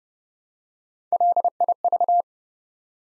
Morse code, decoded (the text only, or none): LIV